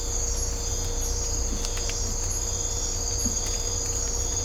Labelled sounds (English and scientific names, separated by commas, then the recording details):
none
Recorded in dense forest near Puerto Asís, Putumayo, Colombia, on 18 December 2024 at 03:00
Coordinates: 0.503, -76.323
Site G043